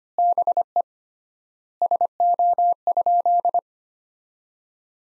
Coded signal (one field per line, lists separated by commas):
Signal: Morse code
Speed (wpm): 25 wpm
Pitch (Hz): 700 Hz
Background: none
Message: BE SO?